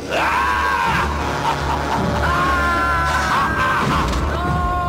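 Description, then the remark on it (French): Loud, sustained high-pitched screaming on a moving bus that wavers and rises in long overlapping cries, running continuously over a low rumbling background for the whole stretch. “On ne crie pas pendant que l'autobus est en marche.”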